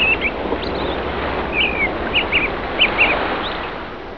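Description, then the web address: Bird calls: short, sharp chirps and brief chattering notes, given in small clusters throughout over a steady loud roar of background noise. "特酷声音素材库 动物 鸟 Bird"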